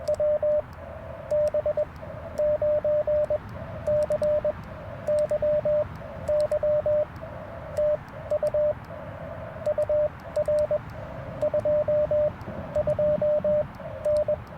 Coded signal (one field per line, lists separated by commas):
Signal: Morse code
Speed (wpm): 21 wpm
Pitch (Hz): 600 Hz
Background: radio noise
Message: WB9CYY TU UR 22N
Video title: Morning Morse Code at Tuskegee National Forest K-4451 - 11/28/23